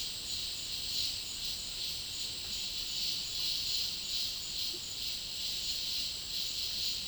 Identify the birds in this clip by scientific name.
none